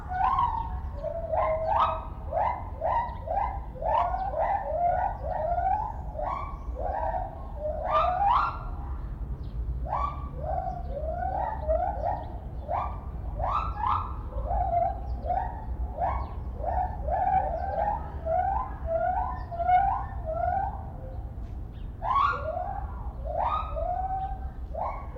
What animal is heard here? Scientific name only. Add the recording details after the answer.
Hylobates lar. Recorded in captivity. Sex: pair. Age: adult. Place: Zoo Berlin, Berlin, DE. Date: 1995-03-11 10:20. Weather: sonnig, 0 - 5 °C. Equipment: Sony WM-D6C, Sennheiser ME 80, Kopie Uher Variocord 263. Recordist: Tembrock, Günter. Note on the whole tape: Paar, im Oberkäfig, unsichtbar: Duett-Sequenzen. Längere Strecke